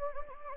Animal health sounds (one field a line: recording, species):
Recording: mosquito wingbeat signal from an infrared sensor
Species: Anopheles gambiae